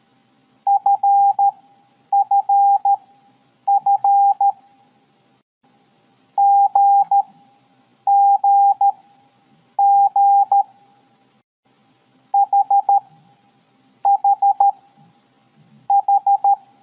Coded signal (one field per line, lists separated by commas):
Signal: Morse code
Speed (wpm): 13 wpm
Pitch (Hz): 800 Hz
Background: none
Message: FFF GGG HHH